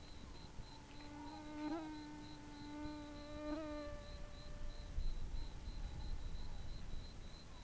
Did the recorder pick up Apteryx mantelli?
no